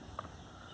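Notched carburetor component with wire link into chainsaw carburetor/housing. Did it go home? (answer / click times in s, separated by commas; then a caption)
no / none. During carburetor reassembly on a Stihl 026 chainsaw that won't start, a notched carburetor component with a small wire link is lined up with its notches and the wire and gently handled into the carburetor housing. A brief faint tick at about 0.2 s sits over steady low background noise. The part has not seated or locked into place yet.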